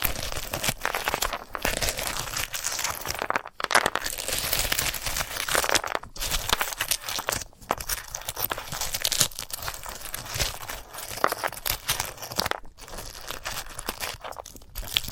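Crisp, dense crunching and crinkling from a sunflower head being handled, with a steady stream of dry rustles and snaps. Brief silent gaps break the sound about every two to three seconds, near 3.5, 6, 7.5 and 12.5 seconds.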